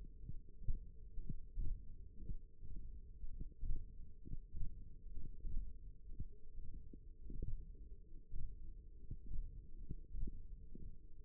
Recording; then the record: forearm muscle sounds (acoustic myography)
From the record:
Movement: tripod grip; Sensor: system 1, eight BSWA MPA416 microphones around the upper forearm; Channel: 2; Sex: male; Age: 23 years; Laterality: right